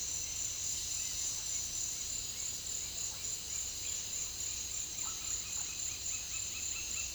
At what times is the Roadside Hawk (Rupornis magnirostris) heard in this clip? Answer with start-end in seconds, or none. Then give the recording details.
0.25-7.14. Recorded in dense forest near Puerto Asís, Putumayo, Colombia, on 20 February 2024 at 08:00. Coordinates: 0.502, -76.324. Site G6370